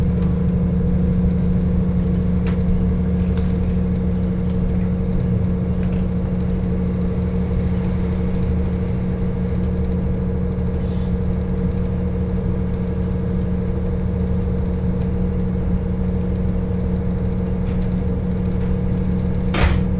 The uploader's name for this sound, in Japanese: 鉄道旅 函館本線 函館→池田園（藤城支線経由）